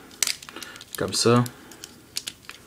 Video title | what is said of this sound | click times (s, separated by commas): Transformers Universe: Prowl Et Silverstreak Deluxe Classe Revue Francaise | On les clipse ensemble. | 0.2 s